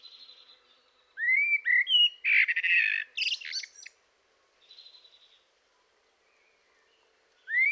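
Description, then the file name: Eurasian blackbird song: a low fluty warbled phrase ending in a high squeaky twitter, then a softer phrase, and a new phrase starting at the end. "Turdus merula"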